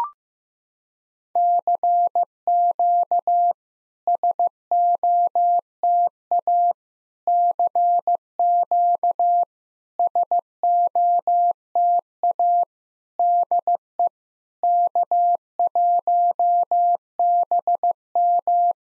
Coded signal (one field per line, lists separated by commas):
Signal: Morse code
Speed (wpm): 15 wpm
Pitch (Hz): 700 Hz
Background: none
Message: CQ SOTA CQ SOTA DE K1BM